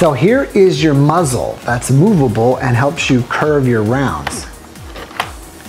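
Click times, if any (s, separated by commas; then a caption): 5.2 s. The movable plastic curve muzzle on the barrel of a toy foam-ball blaster is turned by hand while someone talks, and it clicks into its detent position at 5.2 s with a short, sharp click. The muzzle is seated in place.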